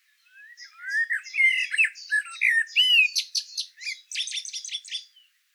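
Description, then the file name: Common blackbird song: low fluted, warbling phrases rising and falling, ending in a burst of high, squeaky twittering notes. "Turdus merula"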